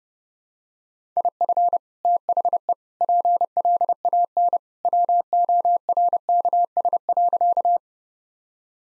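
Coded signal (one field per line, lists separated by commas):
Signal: Morse code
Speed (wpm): 32 wpm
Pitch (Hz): 700 Hz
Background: none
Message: IF THE PLAN WORKS.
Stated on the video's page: Morse practice drill of sentences built from common two-word phrases, sent at 30 wpm for head-copy.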